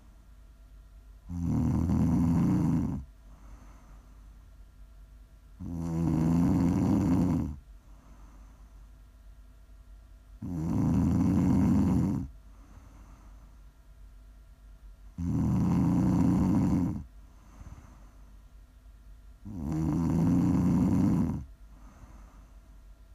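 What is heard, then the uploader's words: A person snores in slow, regular cycles, five loud rasping snores about every four to five seconds, each lasting around one and a half seconds. Each snore is low and throaty with a buzzing rattle, followed by a softer breath out. The gaps between are quiet. ASMR snoring.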